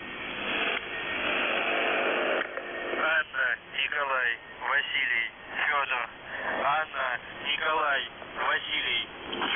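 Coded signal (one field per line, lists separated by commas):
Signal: numbers station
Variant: UVB-76, Russian voice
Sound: hiss of radio static, then a male voice reading a short message in phrases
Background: radio static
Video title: The Buzzer/UVB-76(4625Khz) Feb. 4th 2020 15:08UTC Voice message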